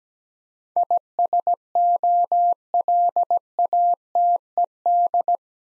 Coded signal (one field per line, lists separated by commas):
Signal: Morse code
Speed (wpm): 17 wpm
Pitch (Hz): 700 Hz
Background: none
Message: ISOLATED